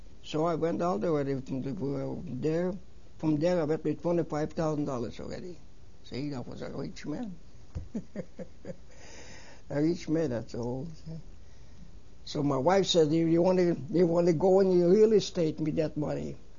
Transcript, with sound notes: So I went out already from there, from there I went with twenty-five thousand dollars already. See, I was a rich man. ( he laughs ) A rich man, that's all. So my wife says, "You want to go in real estate and get money."